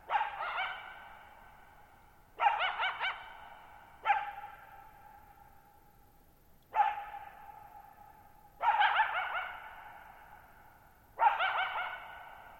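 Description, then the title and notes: Coyote calling with a run of rough barks, some doubled into quick yips, each followed by a long reverberant fade. Lone coyote at night, July 14, 2019, Thirtymile Meadows, Okanogan National Forest, Okanogan High Country, Pacific Northwest, 6400 ft (1950 m), high dry plateau; shallow bowl-shaped meadow, boggy ground. "Lone Coyote at Thirtymile Meadows. I spent the night of July 14, 2019, camped near Thirtymile Meadows in the Okanogan National Forest at 6400 ft (1950 m)"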